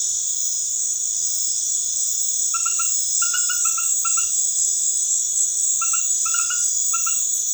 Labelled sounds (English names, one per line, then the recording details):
none
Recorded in dense forest near Puerto Asís, Putumayo, Colombia, on 21 February 2024 at 21:00
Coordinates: 0.505, -76.324
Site G6467